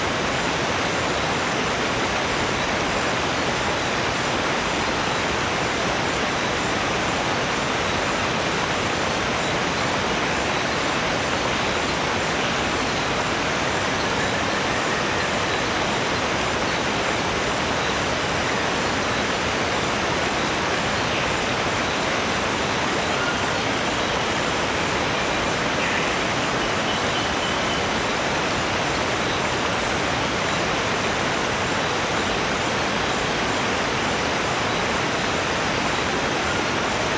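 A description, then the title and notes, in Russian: A distant waterfall pours without pause, a dense, even rush of water that fills everything from low rumble to bright hiss. The sound holds the same level for the whole stretch, with no separate events rising out of the steady wash. Закат в Тропическом Лесу | Сумеречные Водопады и Дикая Природа.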